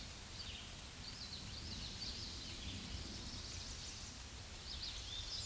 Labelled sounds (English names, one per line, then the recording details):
Common Yellowthroat song
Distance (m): 75 m
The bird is about 15 m above the microphone
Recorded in a Pennsylvania forest on 16 May 2024 at 07:20
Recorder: AudioMoth, point MSD-0665
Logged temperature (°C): 16.1 °C
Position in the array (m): 29 m, 147 m